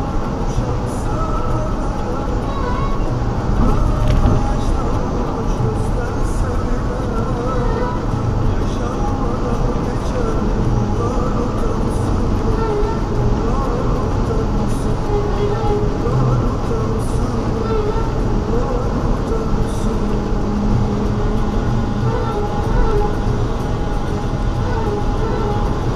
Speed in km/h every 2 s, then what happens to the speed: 143, 142, 142, 146, 148, 149, 150, 149, 147, 144, 142, 142, 144.
0-26 steady at about 144.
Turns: none.